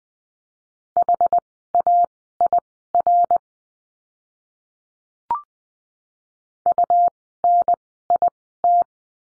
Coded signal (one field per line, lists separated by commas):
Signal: Morse code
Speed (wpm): 20 wpm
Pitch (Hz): 700 Hz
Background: none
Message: HAIR UNIT